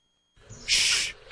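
Red-bellied woodpecker call: one loud, harsh, high churr about half a second long after a brief faint lead-in, with the start of another at the very end.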